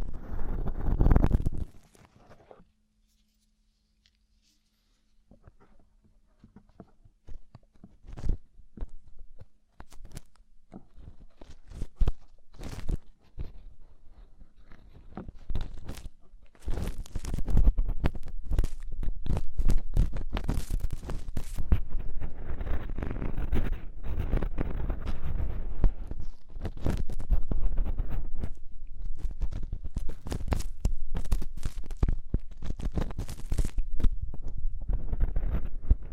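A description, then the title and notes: Crackly scraping and rustling of deep ear cleaning, starting quiet after a brief thump, then growing dense and busy with rapid clicks. ASMR INTENSE Deep Ear Cleaning (No Talking).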